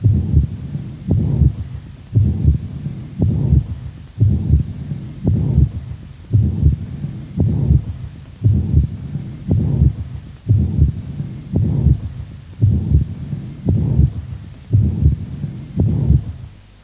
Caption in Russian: В четвертой точке аускультации появление систолического шума свидетельствует о наличии недостаточности прикуспидального клапана. Как правило, она носит функциональный характер и развивается вследствие дилатации правого желудочка и растяжения кольца прикуспидального клапана. Первый тон, как правило, ослаблен. Систолический шум прикуспидальной недостаточности.